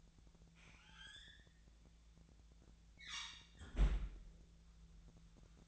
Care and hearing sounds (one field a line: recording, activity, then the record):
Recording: daily activity, microphone in the room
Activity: close fridge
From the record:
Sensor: 3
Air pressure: 1009.6 hPa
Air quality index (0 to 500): 194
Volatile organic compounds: 16 ppm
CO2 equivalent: 2529 ppm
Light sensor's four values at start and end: 32/81/34/36 and 33/81/34/36